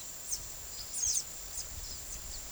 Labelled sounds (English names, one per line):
White-lored Euphonia